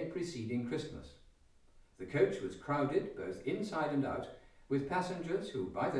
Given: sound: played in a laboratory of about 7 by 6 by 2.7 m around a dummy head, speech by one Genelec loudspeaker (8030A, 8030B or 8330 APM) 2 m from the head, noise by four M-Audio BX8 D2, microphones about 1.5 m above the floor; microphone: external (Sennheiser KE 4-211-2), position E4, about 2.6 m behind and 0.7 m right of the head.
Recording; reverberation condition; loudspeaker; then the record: male speech in English; medium; 60 degrees to the left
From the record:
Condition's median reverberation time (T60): about 510 ms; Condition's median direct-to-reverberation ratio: about -0.5 dB